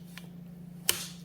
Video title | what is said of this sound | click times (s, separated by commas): INOKIM QUICK 4 Electric Scooter - Maintenance Tips | and it snaps into place and then put in the bottom one and just gently snug it down | 0.9 s